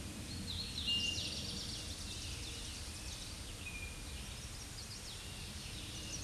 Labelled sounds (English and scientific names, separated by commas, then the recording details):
Eastern Towhee (Pipilo erythrophthalmus) song
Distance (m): 50 m
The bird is about 5 m above the microphone
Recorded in a Pennsylvania forest on 16 May 2024 at 07:37
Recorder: AudioMoth, point MSD-2163
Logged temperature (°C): 16.1 °C
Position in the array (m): 181 m, 181 m